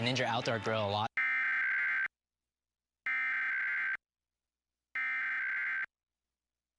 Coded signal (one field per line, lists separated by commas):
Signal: Emergency Alert System (SAME) tones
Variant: header bursts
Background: speech